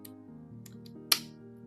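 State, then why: Released. The metal safety lever on a VX 100 Spartan Mark II air rifle, which engaged automatically after loading, is pushed forward to unlock it. Over steady background music with a few faint ticks, a sharp click sounds at 1.1 s. The safety is released and the rifle is ready to fire.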